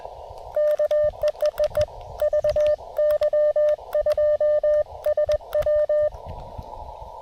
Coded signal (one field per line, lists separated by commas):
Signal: Morse code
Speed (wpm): 21 wpm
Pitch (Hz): 600 Hz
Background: radio noise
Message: K EEEE VY2SW